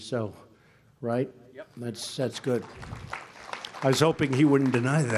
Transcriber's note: applause